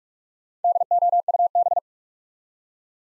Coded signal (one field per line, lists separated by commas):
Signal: Morse code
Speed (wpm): 44 wpm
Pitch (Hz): 700 Hz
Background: none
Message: DOUB